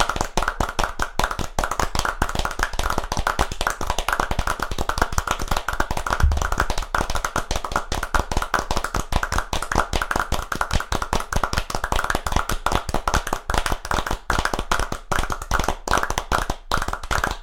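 A group of about a dozen people clap continuously for the full length, the sharp, bright slaps overlapping into a dense, steady patter with no pauses. The claps sound even in loudness, and a faint murmur of voices runs underneath.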